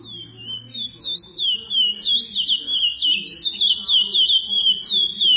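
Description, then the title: Chestnut-bellied seed finch song starting softly then swelling into lively whistled phrases, slurred notes tumbling up and down about three per second. "Canto De Curio"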